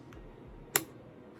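A Joy-Con controller is slid down the side rail of a Nintendo Switch OLED handheld console until it locks, with a faint tick at 0.1 s before one sharp plastic click at 0.8 s. The controller seats firmly, and this click matches the original click sound, unlike an earlier click that sounded more vicious.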